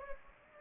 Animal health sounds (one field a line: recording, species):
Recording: mosquito wingbeat signal from an infrared sensor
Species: Anopheles gambiae